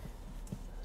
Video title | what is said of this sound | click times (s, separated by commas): REBUILDING A 2011 MERCEDES E250 W207 CABRIOLET PART 1 | i don't hear it clipping so let's see don't know if it's going to work | none